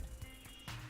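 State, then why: Not seated. A LEGO plastic brick section of the Marvel Sanctum Sanctorum (76218) building model is handled and pushed back toward its place after the monster inside is shown. Soft handling noise sits over a steady low hum and faint tonal lines, with a brief swell of brighter rustle near 0.7 s. Nothing has seated or clicked into place yet.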